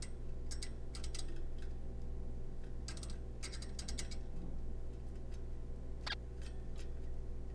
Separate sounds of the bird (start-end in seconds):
6.07-6.15